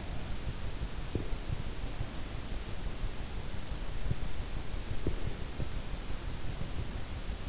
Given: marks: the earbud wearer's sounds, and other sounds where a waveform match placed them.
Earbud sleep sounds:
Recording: sounds in sleep by an in-ear microphone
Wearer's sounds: teeth grinding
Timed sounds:
0.93-1.50 s: teeth grinding
4.10-5.77 s: teeth grinding

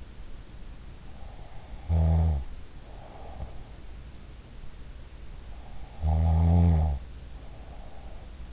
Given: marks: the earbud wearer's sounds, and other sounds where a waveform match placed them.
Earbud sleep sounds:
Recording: sounds in sleep by an in-ear microphone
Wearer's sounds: snoring breath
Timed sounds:
1.57-3.81 s: snoring breath
5.82-8.53 s: snoring breath

